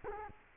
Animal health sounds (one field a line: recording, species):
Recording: mosquito wingbeat signal from an infrared sensor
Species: Culex quinquefasciatus